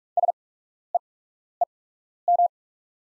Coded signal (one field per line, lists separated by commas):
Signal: Morse code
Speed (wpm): 43 wpm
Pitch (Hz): 700 Hz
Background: none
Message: SEEM